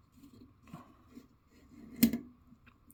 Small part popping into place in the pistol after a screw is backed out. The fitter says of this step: and there you just heard it uh pop in